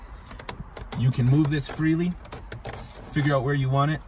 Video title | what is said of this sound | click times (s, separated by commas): ProClip USA Airlift Controller & iPhone XS Max Mount Install | it up and in and it just snaps right in | 0.5 s